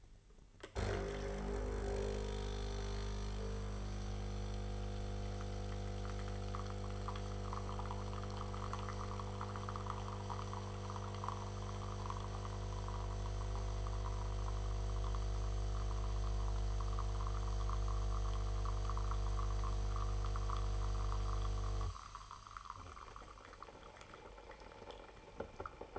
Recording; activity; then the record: daily activity, microphone in the room; make coffee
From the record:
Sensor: 4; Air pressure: 989.3 hPa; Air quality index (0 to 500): 220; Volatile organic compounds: 74 ppm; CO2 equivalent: 3555 ppm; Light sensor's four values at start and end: 24/85/31/33 and 24/84/31/32